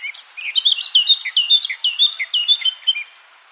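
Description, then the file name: Eurasian blackcap song, a loud sweet fluting warble of rapid rolling whistled notes, ending abruptly. "Sylvia atricapilla"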